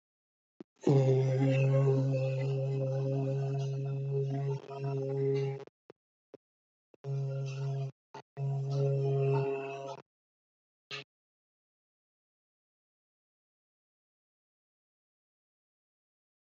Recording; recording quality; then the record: sustained vowel as in made; excellent, no background noise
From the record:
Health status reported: healthy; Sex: male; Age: 22 years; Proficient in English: yes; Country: India